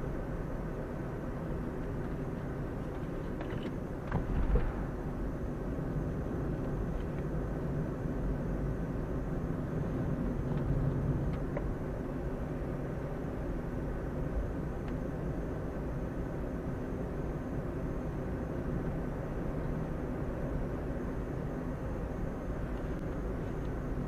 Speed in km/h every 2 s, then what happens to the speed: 44, 41, 39, 40, 40, 40, 42, 42, 41, 43, 44, 44.
0-24 steady at about 41.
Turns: none.